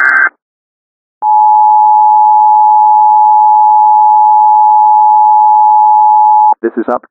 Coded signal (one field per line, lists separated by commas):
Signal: Emergency Alert System (SAME) tones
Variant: 853 and 960 Hz attention tone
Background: speech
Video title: Miami Emergency Alert System: Turkey Point Meltdown